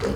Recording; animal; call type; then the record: contact call of a hoofed animal; pig; closed-mouth grunt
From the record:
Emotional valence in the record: positive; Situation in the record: food and toys in familiar pen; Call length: 0.16 s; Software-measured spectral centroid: 2190 Hz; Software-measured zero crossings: 1460 a second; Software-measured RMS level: -25 dBFS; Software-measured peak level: -12 dBFS